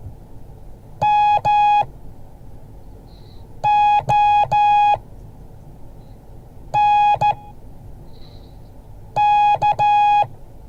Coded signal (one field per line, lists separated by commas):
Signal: Morse code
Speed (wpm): 13 wpm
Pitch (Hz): 830 Hz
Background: none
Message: MONK